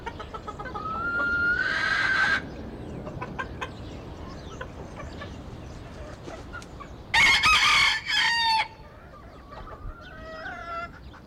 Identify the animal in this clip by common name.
Red Junglefowl